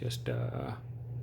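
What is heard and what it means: A steel pistol magazine is handled at the grip's magazine well of a Beretta 92A1 handgun while someone talks over a steady low hum. Nothing has seated or clicked yet; the magazine is not home.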